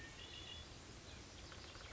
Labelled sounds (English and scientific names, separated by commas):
Red-winged Blackbird (Agelaius phoeniceus)